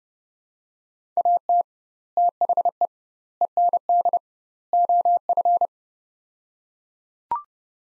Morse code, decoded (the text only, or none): AT THE END OF